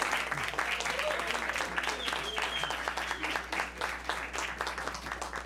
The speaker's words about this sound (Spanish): Tenemos la presencia en el auditorio de Radio UV al grupo consentido de esta emisora universitaria, me estoy refiriendo al coro de la Universidad Veracruzana, a quien pido un aplauso al público que se encuentra aquí en vivo en el auditorio.